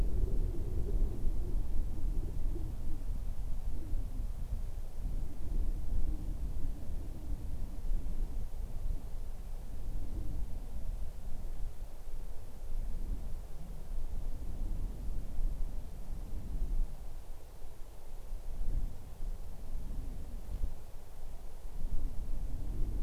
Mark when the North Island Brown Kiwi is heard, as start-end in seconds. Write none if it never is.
none